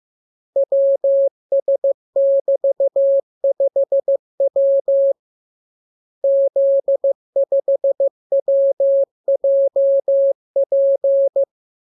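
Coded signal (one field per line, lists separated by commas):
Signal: Morse code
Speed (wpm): 15 wpm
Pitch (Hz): 550 Hz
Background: none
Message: WS<BT>5W Z5WJP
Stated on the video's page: Morse code lesson 29 of a 42-lesson course, opened with VVV and a section sign and closed with AR.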